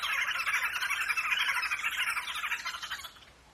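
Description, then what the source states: Wood hoopoe cackling: a loud, continuous stream of rapid, harsh chattering notes that fades away in the last half second. African wood hoopoes.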